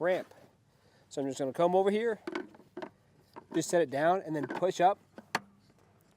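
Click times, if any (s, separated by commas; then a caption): 5.3 s. A green plastic chock section of a TRED GT camper leveler is set down on the ribbed leveler ramp and pushed up so the ridges on its bottom grab the ramp, while someone talks. A light knock sounds as it is set down, then a sharp plastic click at 5.4 s as the chock locks into place on the ramp.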